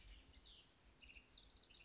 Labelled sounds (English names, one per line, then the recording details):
House Wren
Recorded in Sonoma County, California